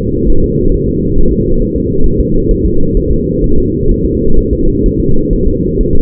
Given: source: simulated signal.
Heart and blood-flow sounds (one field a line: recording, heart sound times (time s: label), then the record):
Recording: fetal heart sounds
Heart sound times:
0.30 s: S1
0.44 s: S2
0.74 s: S1
0.88 s: S2
1.18 s: S1
1.32 s: S2
1.62 s: S1
1.76 s: S2
2.06 s: S1
2.20 s: S2
2.51 s: S1
2.65 s: S2
2.97 s: S1
3.11 s: S2
3.44 s: S1
3.58 s: S2
3.91 s: S1
4.05 s: S2
4.39 s: S1
4.53 s: S2
4.86 s: S1
5.00 s: S2
5.33 s: S1
5.47 s: S2
5.81 s: S1
5.95 s: S2
From the record:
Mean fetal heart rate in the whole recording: 130 bpm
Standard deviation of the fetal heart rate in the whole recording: 4 bpm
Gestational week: 38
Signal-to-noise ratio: -19.1 dB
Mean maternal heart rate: 72 bpm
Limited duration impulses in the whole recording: present